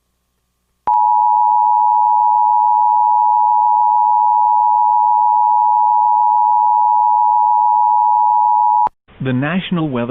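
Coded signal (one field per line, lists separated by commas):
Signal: Emergency Alert System (SAME) tones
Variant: 853 and 960 Hz attention tone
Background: speech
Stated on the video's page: Valid EAS tones in a reenactment of a severe thunderstorm warning.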